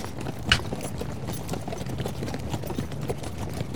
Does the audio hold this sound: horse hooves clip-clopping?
yes